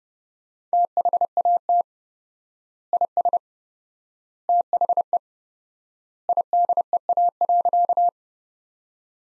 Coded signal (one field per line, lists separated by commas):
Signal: Morse code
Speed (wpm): 30 wpm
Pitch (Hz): 700 Hz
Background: none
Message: THAT IS THE IDEA.